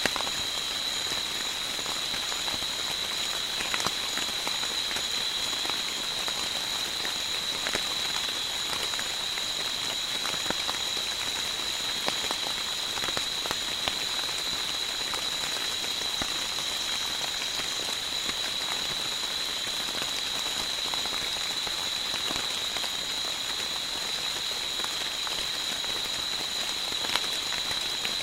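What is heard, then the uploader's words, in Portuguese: Rain patters steadily on leaves in a tree canopy, with dense, irregular drops ticking throughout. Over it, animals hold a continuous, shrill high-pitched chorus that barely changes, with a fainter, even higher tone above it. Loudness stays level for the whole stretch. Uma confortável cabana em cima de uma bela e ancestral árvore na Serra da Bocaina (SP). A paisagem sonora que se escuta na copa de uma árvore. Os animais agradecem pela chuva cantando em dobro e nos deixamos ficar apenas escutando as águas baterem nas folhas.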